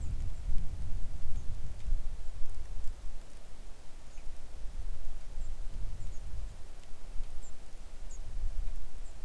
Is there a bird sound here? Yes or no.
yes